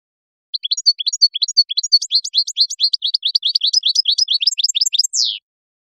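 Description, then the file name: European goldfinch singing a lively, rapid stream of high twittering and tinkling notes, closing with a longer, buzzy downslurred note. "Jilguero"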